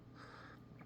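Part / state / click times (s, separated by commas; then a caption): folding knife blade into its open lock / not seated / none. A heavy folding knife with a Micarta handle and steel blade is push-button deployed, and the blade swings around but fails to lock open, so nothing has seated or clicked yet. A low, soft rustling fills the clip, with one brief louder tick at 0.8 s.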